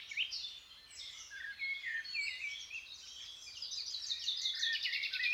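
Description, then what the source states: Birds in a chorus, many overlapping high chirps, trills and whistles, continuous throughout. Birds waking up.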